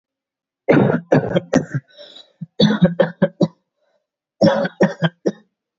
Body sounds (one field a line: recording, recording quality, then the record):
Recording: shallow voluntary cough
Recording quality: moderate, slight background noise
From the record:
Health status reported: healthy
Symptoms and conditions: none ticked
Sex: male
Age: 28 years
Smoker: not ticked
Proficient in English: yes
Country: India